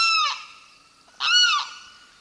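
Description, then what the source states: Limpkin calls: two loud wailing cries, the first cut off at the start, each falling at the end. Described as a bird of the swamp.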